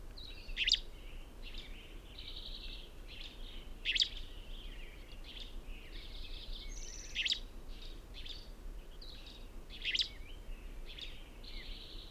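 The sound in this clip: Birdsong chorus: sharp chip bursts every three seconds or so amid buzzy trills and whistled phrases, with constant low-pitched background noise.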